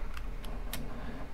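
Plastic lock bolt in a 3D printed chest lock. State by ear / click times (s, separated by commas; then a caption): released / 0.7 s. A key is turned back in a 3D printed plastic chest lock, with a faint tick at 0.2 s before the plastic bolt clicks open sharply at 0.7 s. The lock is unlocked.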